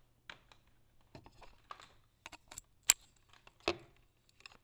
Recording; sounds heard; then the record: poultry house recording; no chicken sound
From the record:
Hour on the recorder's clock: 23